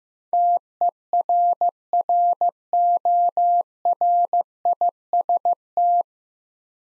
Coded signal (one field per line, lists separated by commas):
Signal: Morse code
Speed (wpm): 15 wpm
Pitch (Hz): 700 Hz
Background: none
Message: TERRORIST